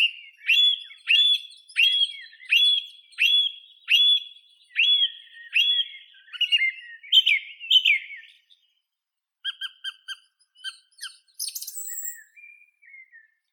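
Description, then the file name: Song thrush song: one bright, ringing note repeated several times, then a warbled phrase and softer, high, scratchy notes. "Neizvesten - Drozd pevchij Turdus philomelos (Zvyki com)"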